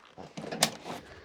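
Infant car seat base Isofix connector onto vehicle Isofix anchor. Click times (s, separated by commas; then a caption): 0.4 s, 0.6 s. A BeSafe Go Beyond infant car seat base has its Isofix arms extended with the buttons on either side and pushed onto the vehicle's Isofix anchor points. After low rustling and a faint tap, two clicks are heard at 0.4 s and 0.6 s, the second sharper and louder, as each side clicks in. The base is seated on the anchors.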